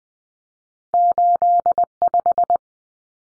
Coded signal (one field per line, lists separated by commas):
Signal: Morse code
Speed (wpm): 20 wpm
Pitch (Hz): 700 Hz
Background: none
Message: 85